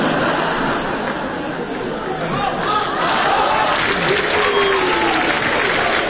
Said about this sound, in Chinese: 感谢大家对我们的掌声， 谢谢您。